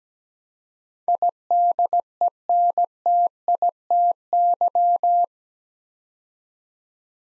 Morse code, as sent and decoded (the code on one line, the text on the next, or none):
.. -.. . -. - .. - -.--
IDENTITY